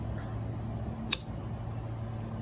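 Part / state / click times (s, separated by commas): ignition coil electrical connector onto the coil's plastic stand / seated / 1.1 s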